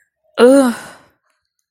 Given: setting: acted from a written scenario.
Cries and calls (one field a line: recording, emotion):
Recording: vocal sound without words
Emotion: disgust